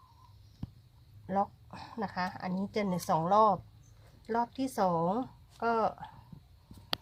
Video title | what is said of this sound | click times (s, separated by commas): ตู้อบบอนสี งบน้อยจุได้มาก | เข้าล็อคค่ะแนะนำ | 6.9 s